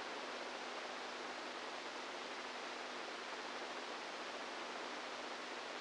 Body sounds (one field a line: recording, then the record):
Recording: brain microelectrode recording played as sound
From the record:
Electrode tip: inside the subthalamic nucleus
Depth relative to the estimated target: -4 mm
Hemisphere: right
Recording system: NeuroSet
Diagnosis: Parkinson's disease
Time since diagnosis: 10 years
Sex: female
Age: 67 years